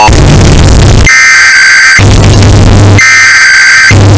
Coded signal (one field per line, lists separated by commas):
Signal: Emergency Alert System (SAME) tones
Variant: header bursts